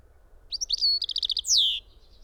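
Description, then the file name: European robin phrase of sweet rising notes, a rapid string of bubbly trilled pips, and a bright downward-slurred whistle to finish. "Erithacus rubecula"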